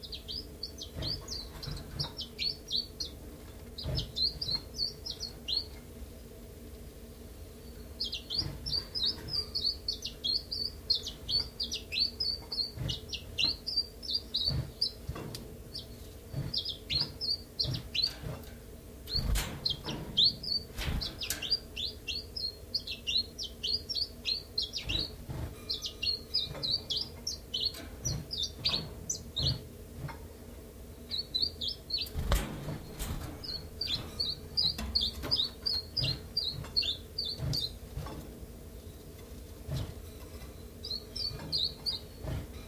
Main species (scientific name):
Phylloscopus collybita